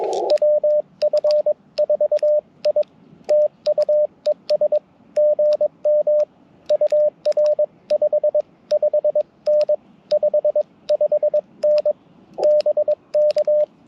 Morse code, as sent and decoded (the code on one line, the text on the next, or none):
.-- ..-. ....- .. / - ..- . ... / --. -- / ..- .-. ..... / ..... -. / ..... ..... -. / -... -.-
WF4I TUES GM UR5 5N 55N BK